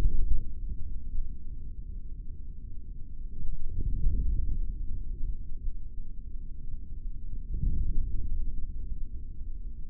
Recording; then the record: forearm muscle sounds (acoustic myography)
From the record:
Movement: forearm supination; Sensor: system 3, bracelet of six PUI Audio POM-2738L microphones around the upper forearm, with dedicated amplification and filtering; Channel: 2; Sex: male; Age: 23 years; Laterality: right